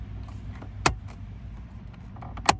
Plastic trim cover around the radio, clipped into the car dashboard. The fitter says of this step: You're going to hear it click when it goes in place.